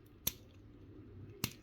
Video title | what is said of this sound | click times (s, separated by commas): Transformers: Generation One Constructicons | uh reach under there grab his head lift it up till it clicks till it clicks | 0.3 s, 1.4 s